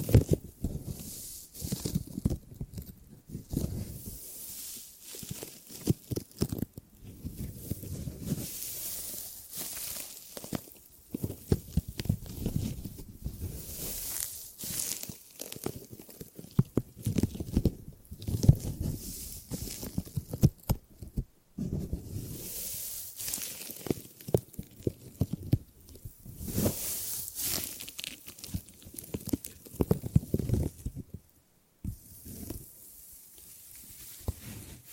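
Gripping and grabbing sounds: a busy run of rustling, scraping handling noises with quick clicks and rubs, fairly dense and irregular across the whole stretch. Bursts of brighter hissy friction rise and fade every few seconds, with a brief near-silent gap around 31 seconds.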